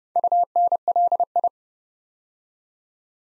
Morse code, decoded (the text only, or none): UNLI